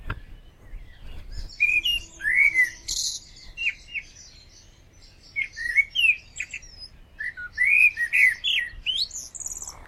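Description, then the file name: Common blackbird song in several separate phrases, each of low, liquid warbled whistles finishing in high, scratchy twitters, with short pauses between them. "Turdus merula"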